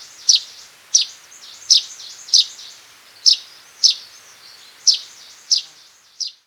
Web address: cinnamon sparrow calls